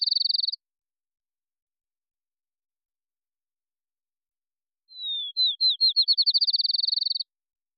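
Field sparrow song, a bouncing-ball pattern: a drawn-out falling whistle followed by notes that speed up into a steady rapid trill, preceded by the end of an earlier song.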